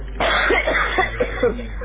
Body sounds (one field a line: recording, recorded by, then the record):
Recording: voluntary cough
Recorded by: telephone call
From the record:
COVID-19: positive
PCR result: checked with the laboratory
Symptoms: yes